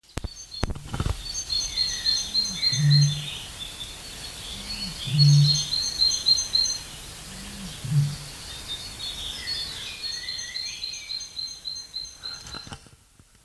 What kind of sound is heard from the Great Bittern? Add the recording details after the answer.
call. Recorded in the wild. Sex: male. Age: adult. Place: Pehlitzwerder, Parsteiner See, Brandenburg, DE. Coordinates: 52.9092, 13.9936. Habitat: alder marsh, reed. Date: 1983-04-23 13:33. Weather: sunny, 17 °C. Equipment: Nagra SN, Kopie Uher 4000 Report Monitor. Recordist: Tembrock, Günter. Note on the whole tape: Pehlitzwerder am Parsteiner See: Männchen: Rufreihe. Erlenbruch dahinter Schilfgürtel